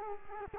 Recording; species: mosquito wingbeat signal from an infrared sensor; Culex quinquefasciatus